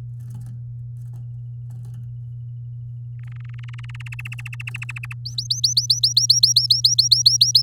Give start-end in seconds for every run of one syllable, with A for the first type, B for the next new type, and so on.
3.19-4.08 A, 4.12-5.13 B, 5.25-7.62 C